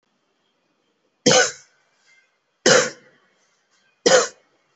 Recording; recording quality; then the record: shallow voluntary cough; excellent, no background noise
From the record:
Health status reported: COVID-19 positive, mild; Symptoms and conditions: none ticked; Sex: male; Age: 22 years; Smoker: not ticked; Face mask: not worn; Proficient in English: yes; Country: India